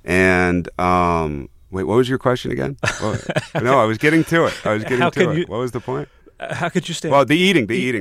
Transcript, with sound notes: And uh, wait, what was your question again? (Soundbite of laughter) No, I was getting to it; I was getting to it. What was the point?
How could you stay...
The eating, the eating.